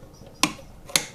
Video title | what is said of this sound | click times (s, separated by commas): How to: Fitting Kawasaki Ninja 1000SX 2020 / 2021 Frame Sliders (Mirror from RevsIT) | Did you hear it click? I'll do it again just in case you didn't. | 0.4 s, 1.0 s